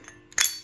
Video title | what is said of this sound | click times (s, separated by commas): Yale or Schlage Lock Removal | You just slide it in, hear it click, it's popped back on. | 0.1 s, 0.3 s